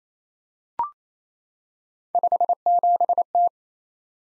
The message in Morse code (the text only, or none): 57T